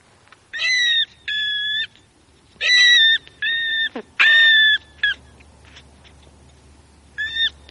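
Brown rat squeals: a series of sustained, high, tonal whines about half a second each, in quick bursts with short gaps, then one fainter squeal near the end.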